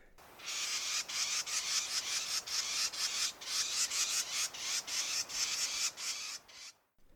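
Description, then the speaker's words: Carolina Wren alarm call, a harsh raspy chatter of rapid buzzy notes in a long series lasting about six seconds. Alarm call given when a person tramps too loudly in the woods; it sets off the other forest birds. "Often I'll be kind of tramping a little too loud in the woods, and then I'll hear the alarm call of the Carolina wren."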